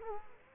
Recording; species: mosquito wingbeat signal from an infrared sensor; Culex quinquefasciatus